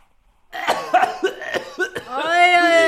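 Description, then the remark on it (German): A run of several short, rough coughs in quick succession after a moment of silence, ending in a longer, drawn-out voiced sound like a strained groan. “Sie haben ja auch Husten.”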